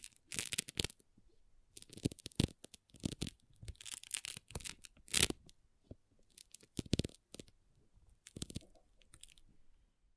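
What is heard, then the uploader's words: Pixel art beads being handled, with short bursts of clicking, rattling and crunchy rustling. The bursts come irregularly, roughly every second or so, some sharp and bright, others softer, separated by brief near-silent gaps. ASMR Relaxing Pixel Art Beads ( No Talking).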